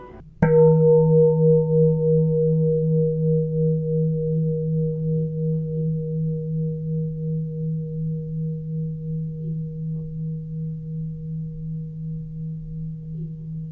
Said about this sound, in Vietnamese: Chuông chánh niệm. Theo truyền thống, ở chùa ta thường dùng chuông để nhắc nhở mọi người trở về với giây phút hiện tại. Mỗi khi nghe chuông, chúng ta ngừng nói chuyện, ngừng suy nghĩ, mỉm cười và quay về với hơi thở, với chính mình.